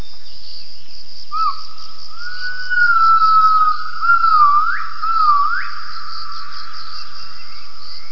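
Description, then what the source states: Gibbon whistled call: a held pure tone that wavers slightly, then two quick rising upsweeps partway through, over a steady high insect-like hiss throughout. Gibbon vocalizations recorded for a triangulation study.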